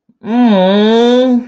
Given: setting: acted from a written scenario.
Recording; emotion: vocal sound without words; sympathy